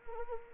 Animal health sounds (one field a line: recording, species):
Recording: mosquito wingbeat signal from an infrared sensor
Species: Anopheles arabiensis